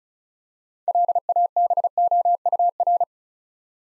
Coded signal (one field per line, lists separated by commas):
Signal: Morse code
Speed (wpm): 36 wpm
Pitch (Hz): 700 Hz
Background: none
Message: LABOUR